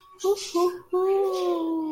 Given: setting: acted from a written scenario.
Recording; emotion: vocal sound without words; elation